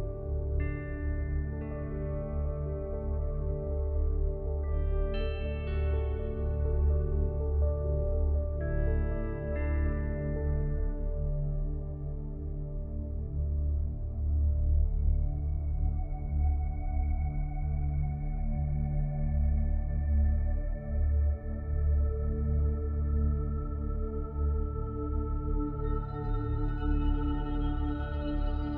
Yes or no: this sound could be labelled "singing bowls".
yes